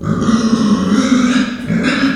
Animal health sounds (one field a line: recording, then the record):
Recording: squeal of a Yucatan mini pig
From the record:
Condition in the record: after surgery on the right vocal fold (resection and tissue-engineered implant)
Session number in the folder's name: 9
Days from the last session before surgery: 65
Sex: female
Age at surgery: 19 weeks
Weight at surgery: 25 kg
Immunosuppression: prednisolone